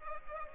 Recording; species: mosquito wingbeat signal from an infrared sensor; Culex pipiens